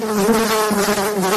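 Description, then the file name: Fly buzzing: a continuous, low, droning whine that wavers slightly in pitch and loudness throughout. "eine fliege"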